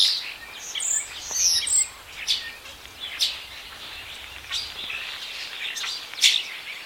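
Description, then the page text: Common starling singing a busy medley of high chirps, squeaky whistles and harsh clicking notes, with a few louder rasping bursts spaced through the stretch. "Common Starling Singing Bird. knut the bird nerd"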